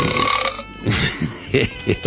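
A loud, drawn-out burp sound effect plays from a sound machine, a croaky, gurgling belch lasting about two seconds with a few rougher bursts toward the end.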